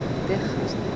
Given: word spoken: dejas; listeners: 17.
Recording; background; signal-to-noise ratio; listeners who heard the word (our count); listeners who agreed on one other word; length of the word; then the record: one Spanish word in noise, from a listening test; speech-shaped noise; -5.5 dB; 2 of 17; 7 of 17; 0.56 s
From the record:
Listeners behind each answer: 7, 7, 2, 1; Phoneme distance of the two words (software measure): 10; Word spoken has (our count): 2 syllables, 5 phonemes, stress on syllable 1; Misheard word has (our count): 2 syllables, 5 phonemes, stress on syllable 1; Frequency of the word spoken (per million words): 5.08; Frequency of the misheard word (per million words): 3.53